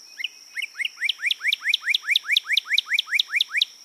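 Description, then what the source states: Northern Cardinal song: a rapid series of many similar upslurred whistled notes, growing louder, over a steady high tone. State bird in seven eastern states; described as defiantly red and sweetly singing.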